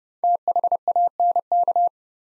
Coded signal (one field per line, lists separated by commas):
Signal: Morse code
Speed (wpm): 28 wpm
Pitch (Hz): 700 Hz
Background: none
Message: THANK